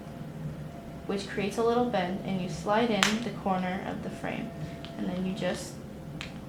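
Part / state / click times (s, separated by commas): sunglasses lens into plastic frame / seated / 6.2 s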